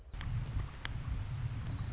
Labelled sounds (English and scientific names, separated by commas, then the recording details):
Orange-crowned Warbler (Leiothlypis celata)
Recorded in Sonoma County, California